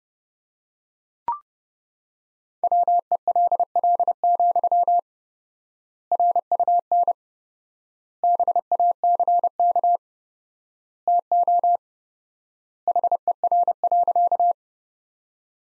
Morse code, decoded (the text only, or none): WELL, RUN BACK TO HER.